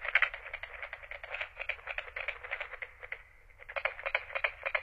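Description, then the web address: Carpenter frog giving fast, hollow knocking notes in uneven runs, a short lull midway before the tapping picks up again. North America. "Songs of Frogs Toads of North America. Carpenter Frog"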